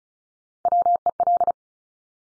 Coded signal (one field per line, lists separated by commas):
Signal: Morse code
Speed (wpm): 36 wpm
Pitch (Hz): 700 Hz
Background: none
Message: WEL